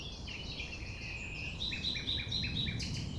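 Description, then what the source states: Common nightingale song, a quick series of short repeated sharp notes rising in intensity over a low background rumble. Recorded at 6 a.m. at sunrise near the Thève, Champ de Ménage; the nightingale sings without waiting for silence.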